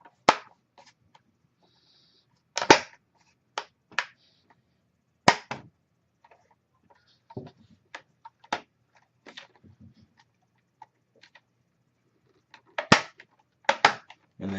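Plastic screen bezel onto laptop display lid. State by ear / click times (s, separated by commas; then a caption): seated / 0.3 s, 4.0 s, 5.3 s, 12.9 s, 13.9 s. The plastic screen bezel of a Dell Latitude E6530 is pressed onto the laptop display lid, its clips snapping in one after another around the edge. Sharp plastic snaps ring out at 0.3, 4.0, 5.3, 12.9 and 13.9 seconds, with softer clicks and taps between them. The bezel ends up seated in place.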